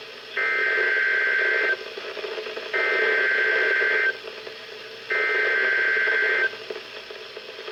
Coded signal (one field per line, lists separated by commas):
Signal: Emergency Alert System (SAME) tones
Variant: header bursts